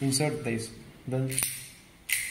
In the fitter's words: Then when you hear the click, it means the cleaning is done.